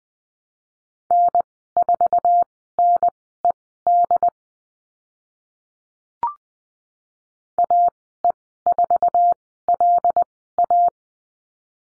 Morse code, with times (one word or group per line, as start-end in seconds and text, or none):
1.1-4.3 N4NED
7.6-10.9 AE4LA